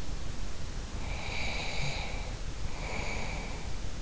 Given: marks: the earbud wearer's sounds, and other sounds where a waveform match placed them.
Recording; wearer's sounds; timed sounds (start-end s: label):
sounds in sleep by an in-ear microphone; breath
1.02-3.62 s: breath